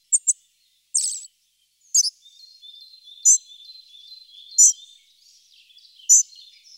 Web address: Mucholowka szara